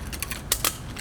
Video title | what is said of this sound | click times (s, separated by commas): In Depth Hunting Camera Tree Arm Comparisons and Review | that can you hear that little click and sound | 0.2 s, 0.5 s, 0.7 s